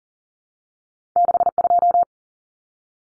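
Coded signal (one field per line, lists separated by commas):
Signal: Morse code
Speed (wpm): 40 wpm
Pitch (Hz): 700 Hz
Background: none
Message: 62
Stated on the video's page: Two-digit cut numbers sent at 40 wpm for head-copy practice, each sent in Morse, spoken, then sent again.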